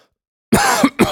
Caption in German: Außerdem habe ich Husten. Deshalb tut mir auch die Brust weh. Nö, es klingt nicht so schlimm.